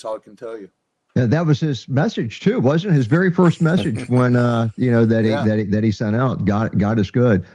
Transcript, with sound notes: That's all I can tell you.
Yeah, that was his message too, wasn't it? His very first message when, uh-... (laughs) you know, that he, that he, that he sent out.
Yeah.
God, God is good.